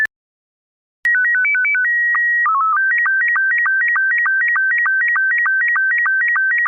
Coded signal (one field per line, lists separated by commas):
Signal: SSTV (slow-scan television)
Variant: Robot 72